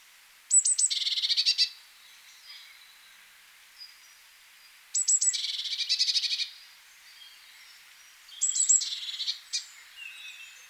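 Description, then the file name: Eurasian blue tit calls: a few thin high notes leading into a fast, scratchy churring rattle, repeated three times a few seconds apart. "Cyanistes caeruleus"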